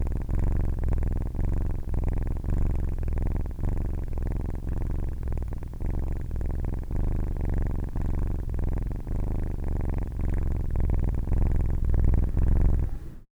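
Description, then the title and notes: Domestic cat kitten purring, a continuous deep rumbling purr with steady pulsing, loud and bassy throughout, ending abruptly. Male kitten purring at night, recorded with a Zoom H4n recorder; purr described as rich and bassy. "Leo was purring"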